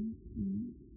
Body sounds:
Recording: neck accelerometer signal played as sound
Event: no cough (speech, laughter, throat clearing or background)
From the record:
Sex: male

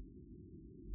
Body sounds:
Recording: neck accelerometer signal played as sound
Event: no cough (speech, laughter, throat clearing or background)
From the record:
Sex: female

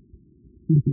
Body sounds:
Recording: neck accelerometer signal played as sound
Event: no cough (speech, laughter, throat clearing or background)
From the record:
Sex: male

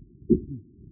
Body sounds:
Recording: neck accelerometer signal played as sound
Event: voluntary cough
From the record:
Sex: male

